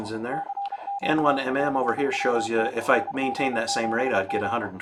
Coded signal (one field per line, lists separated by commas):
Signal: Morse code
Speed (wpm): 32 wpm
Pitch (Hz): 800 Hz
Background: speech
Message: CQ CWT NG7M